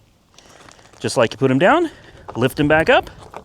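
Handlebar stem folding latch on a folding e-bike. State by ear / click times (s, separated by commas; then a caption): not seated / none. The folded handlebar stem of a Kingbull Literider folding e-bike is lifted back up toward its folding latch while someone talks, with faint ticks of handling around 0.4 s and 0.7 s and another near 3.4 s. The clip ends before the stem goes home, so nothing has seated or clicked yet.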